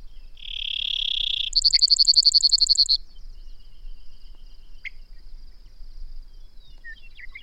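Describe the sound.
Bird song: a high buzzy note, then a rapid pulsed trill, followed by faint scattered chips over a steady high hum.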